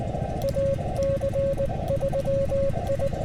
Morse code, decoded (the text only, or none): AC3I